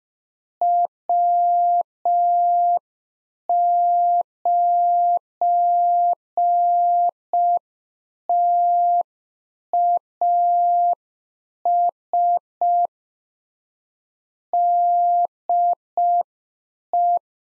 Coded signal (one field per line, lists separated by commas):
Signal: Morse code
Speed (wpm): 5 wpm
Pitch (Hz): 700 Hz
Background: none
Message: W9TAS DE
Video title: Practice QSO - Exchange 4- Ending - 5wpm